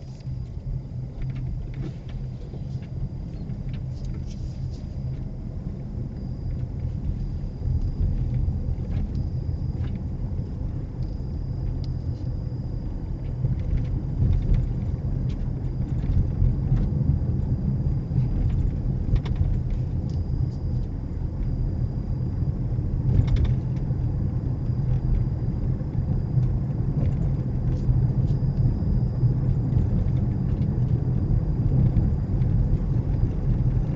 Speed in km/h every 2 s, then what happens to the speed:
19, 23, 26, 29, 32, 35, 35, 37, 34, 35, 39, 40, 42, 44, 44, 45, 44.
0-10 speeds up to 35. 10-17 steady at about 35. 17-30 speeds up to 45.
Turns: none.